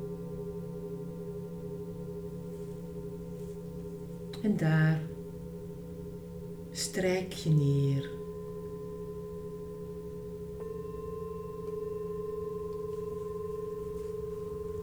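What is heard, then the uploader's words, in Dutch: Singing bowls hum in a steady, layered drone, struck sharply around four and seven seconds, with a new higher tone joining near eleven. Klankschalen.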